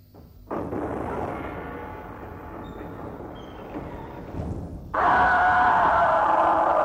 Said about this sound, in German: Hörte sich das nicht eben an wie ein Schrei? Es war einer. Und wie erklärt sich das? Nun ja, der erste Biss tut halt ein bisschen weh.